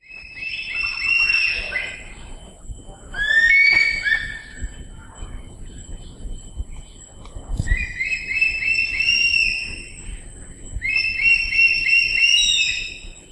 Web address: crested hawk eagle call